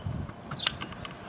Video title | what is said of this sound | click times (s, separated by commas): 2000 Toyota Camry Broken Inside Door Handle Replacement | just like that it clicks in | 0.7 s